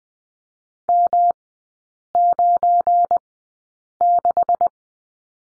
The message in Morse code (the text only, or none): M96